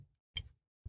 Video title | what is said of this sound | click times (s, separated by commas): Build the 1:8 Scale 1966 Batmobile From Fanhome - Issue 7 | there you go it's just pinged in place now so I can tighten that up fully | 0.4 s